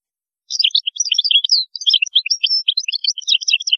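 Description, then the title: European goldfinch song, an unbroken stream of lively, tinkling twitters and chirps, fast and varied, running for over three seconds. "Chant Chardonneret"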